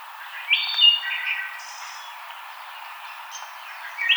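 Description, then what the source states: Wood thrush song, a fluted phrase with a high ending early on, then quiet, a faint high note and the start of another phrase. Recorded 5 May 2007.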